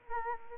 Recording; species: mosquito wingbeat signal from an infrared sensor; Aedes aegypti